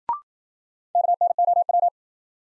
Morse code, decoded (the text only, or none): KNOW